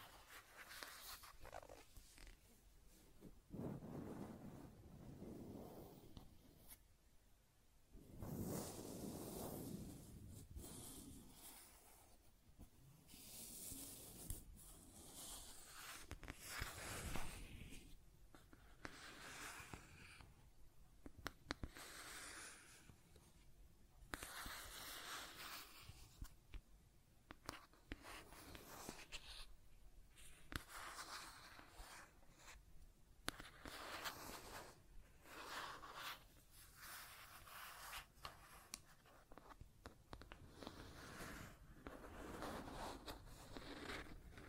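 Scratching and tracing sounds run throughout, a rough, dry rasp made of many short strokes with brief pauses between them. The strokes vary in pressure and length, some bright and hissy, others deeper and fuller, like a pen or stylus dragged across paper.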